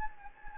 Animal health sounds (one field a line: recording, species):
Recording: mosquito wingbeat signal from an infrared sensor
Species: Anopheles gambiae